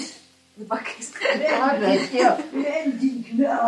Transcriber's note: laughs